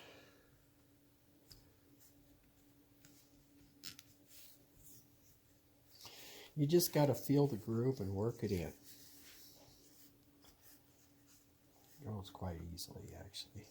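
A rubber brake seal for a 1975 Norton Commando Mk3 is felt into the groove of a brake caliper bore and worked in by hand, making only quiet handling sounds with a few faint ticks. Someone talks in between. The seal has not yet popped home, and nothing has seated or clicked.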